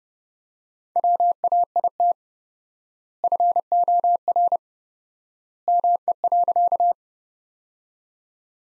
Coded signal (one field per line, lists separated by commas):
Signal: Morse code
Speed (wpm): 30 wpm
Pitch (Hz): 700 Hz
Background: none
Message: WAIT FOR ME.